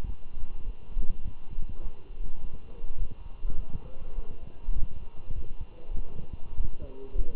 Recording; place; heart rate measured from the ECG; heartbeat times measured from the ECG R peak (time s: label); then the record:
heart sounds by stethoscope; between the tricuspid and mitral areas; 101 bpm
0.06 s: heartbeat
0.65 s: heartbeat
1.24 s: heartbeat
1.83 s: heartbeat
2.41 s: heartbeat
2.99 s: heartbeat
3.57 s: heartbeat
4.15 s: heartbeat
4.75 s: heartbeat
5.35 s: heartbeat
5.95 s: heartbeat
6.57 s: heartbeat
7.17 s: heartbeat
From the record:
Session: walking at 3.7 km/h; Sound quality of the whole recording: good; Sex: male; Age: 24 years